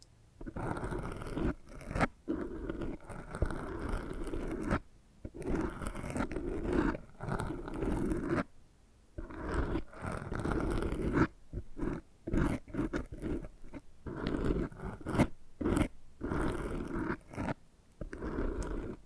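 Ear scratching and brushing makes dense, rough scraping strokes in quick irregular bursts, broken by brief silent gaps every second or so.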